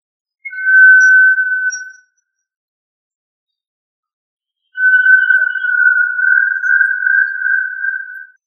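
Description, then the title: Tinamou whistles: two long, pure, steady whistled notes, the first about one and a half seconds, the second longer and slightly wavering, separated by silence. "Familia Tinamidae - Quail - Puyuh"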